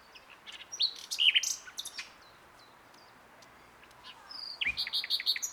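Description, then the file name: Common nightingale song: two short bursts of varied high chirps and sharp whistled notes, separated by a pause of steady background hiss. "Luscinia megarhynchos"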